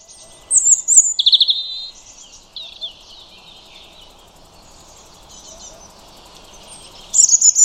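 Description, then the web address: European robin singing a burst of high, sweet, twittering notes, then a quieter stretch before another bright phrase begins. "Deverinetal 2025 File origin Bird Only Er Ru"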